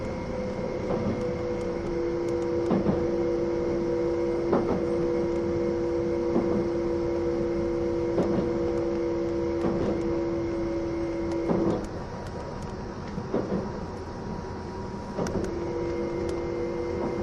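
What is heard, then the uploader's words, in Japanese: A ride on an E261 series Saphir Odoriko train: a steady low motor whine with fainter higher tones above it, and regular thuds about every second and a half, like wheels over rail joints. The whine cuts out near twelve seconds, returning around fifteen. E261系 S踊り子01号02 熱海～伊豆急下田。伊豆への新たなフラッグシップトレインとなる、E261系S踊り子01号を収録したものです。走行音。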